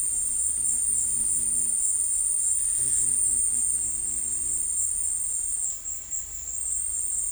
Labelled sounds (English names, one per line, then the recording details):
none
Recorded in dense forest near Puerto Asís, Putumayo, Colombia, on 19 February 2024 at 13:00
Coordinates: 0.484, -76.317
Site G6464